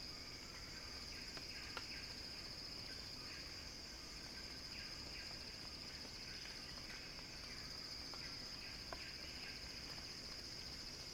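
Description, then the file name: Cicada buzzing, a long steady high hiss with soft repeated chirps underneath and a couple of light clicks. Cicada song building as a crescendo. "earth-fm Axel-Drioli Cicada-Crescendo-Sounding-Wild"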